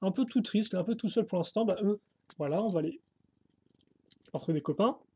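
Someone talks while handling an assembled plastic LEGO sub-assembly that is about to be pressed onto the free studs at the back of a Ninjago X-1 Ninja Charger toy vehicle model, with faint handling ticks around 3.8 and 4.1 seconds. Nothing has seated or clicked yet.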